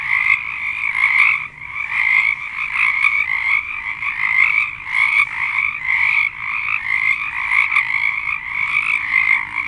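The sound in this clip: Crowded frog chorus of overlapping pulsed croaks, loud and sustained, easing briefly at times before building again.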